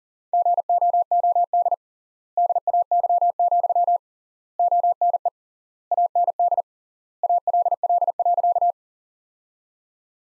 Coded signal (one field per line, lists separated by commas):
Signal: Morse code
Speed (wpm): 40 wpm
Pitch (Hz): 700 Hz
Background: none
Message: GOOD DAY, ONE AND ALL.